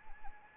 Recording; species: mosquito wingbeat signal from an infrared sensor; Anopheles arabiensis